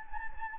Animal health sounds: mosquito wingbeat signal from an infrared sensor; Anopheles gambiae

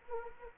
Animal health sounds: mosquito wingbeat signal from an infrared sensor; Anopheles arabiensis

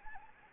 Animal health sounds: mosquito wingbeat signal from an infrared sensor; Anopheles gambiae

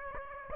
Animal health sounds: mosquito wingbeat signal from an infrared sensor; Aedes aegypti

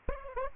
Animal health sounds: mosquito wingbeat signal from an infrared sensor; Aedes aegypti

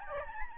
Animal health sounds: mosquito wingbeat signal from an infrared sensor; Aedes albopictus

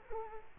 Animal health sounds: mosquito wingbeat signal from an infrared sensor; Culex quinquefasciatus

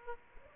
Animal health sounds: mosquito wingbeat signal from an infrared sensor; Aedes aegypti

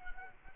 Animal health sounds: mosquito wingbeat signal from an infrared sensor; Culex quinquefasciatus

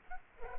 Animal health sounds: mosquito wingbeat signal from an infrared sensor; Culex pipiens

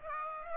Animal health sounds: mosquito wingbeat signal from an infrared sensor; Aedes aegypti

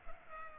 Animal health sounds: mosquito wingbeat signal from an infrared sensor; Culex pipiens

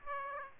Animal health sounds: mosquito wingbeat signal from an infrared sensor; Aedes aegypti

